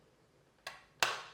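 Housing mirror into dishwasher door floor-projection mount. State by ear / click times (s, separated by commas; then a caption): seated / 1.0 s. A new plastic housing mirror is inserted into the floor-projection mount in a Bosch dishwasher door and slid downward until it seats. A softer tap sounds at 0.7 s, then a sharp, loud click at 1.0 s as the mirror clicks into place.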